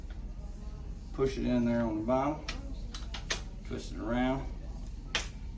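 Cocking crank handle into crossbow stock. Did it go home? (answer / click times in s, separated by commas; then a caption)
yes / 5.1 s. A cocking crank handle is pushed in at the bottom of a Ten Point Venom X crossbow stock and twisted around while someone talks, with a few sharp handling knocks around 3.0 to 3.3 seconds. The handle pops into its stowed position with a click at 5.2 seconds, seated and out of the way.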